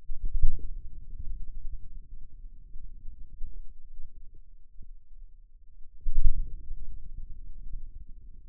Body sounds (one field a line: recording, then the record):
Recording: forearm muscle sounds (acoustic myography)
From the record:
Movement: outward rotation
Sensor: system 2, bracelet of six BSWA MPA416 microphones around the upper forearm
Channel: 1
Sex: male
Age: 22 years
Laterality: right